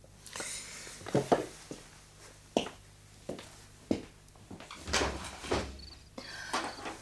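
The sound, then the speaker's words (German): A window is opened with a series of sharp clicks and knocks from the latch and frame, then a longer scraping, creaky slide, all over a low steady hum with no talking. “Machen Sie doch das Fenster auf, bitte.”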